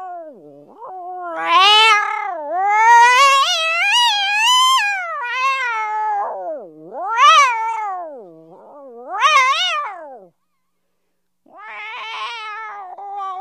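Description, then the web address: Cat yowling in a series of wavering meows, rising and falling repeatedly, then a short silence and a final quieter meow. "animals cat"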